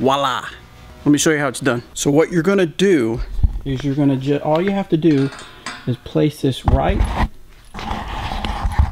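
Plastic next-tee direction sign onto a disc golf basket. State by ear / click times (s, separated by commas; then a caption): seated / 8.4 s. A plastic next-tee direction sign is placed on a disc golf basket and pushed down while someone talks. Handling noise follows the speech, and the sign snaps into place with a sharp click at 8.5 seconds, seating it on the basket.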